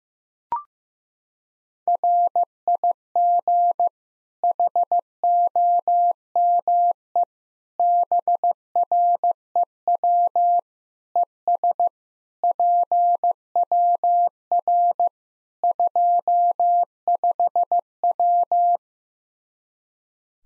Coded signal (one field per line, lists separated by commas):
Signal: Morse code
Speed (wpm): 16 wpm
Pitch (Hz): 700 Hz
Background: none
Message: RIG HOME BREW ES PWR 25W